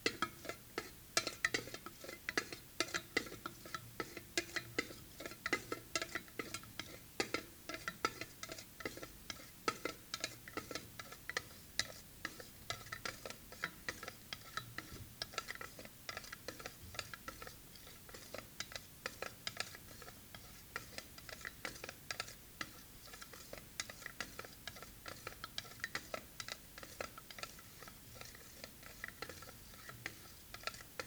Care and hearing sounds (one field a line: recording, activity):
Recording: daily activity, guitar pickup as the sensor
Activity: fry